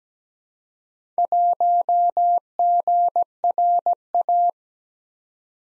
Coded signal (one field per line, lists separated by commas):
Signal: Morse code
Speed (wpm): 17 wpm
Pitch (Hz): 700 Hz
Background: none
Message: 1GRA